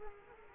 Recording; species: mosquito wingbeat signal from an infrared sensor; Culex quinquefasciatus